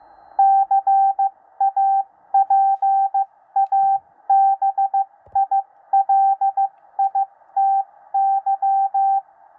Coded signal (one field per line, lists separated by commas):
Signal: Morse code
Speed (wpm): 15 wpm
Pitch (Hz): 780 Hz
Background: radio noise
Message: CAPABILITY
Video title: 13 WPM CODE PRACTICE - W1AW